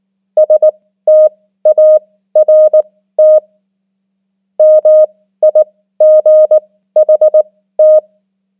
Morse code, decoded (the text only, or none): START MIGHT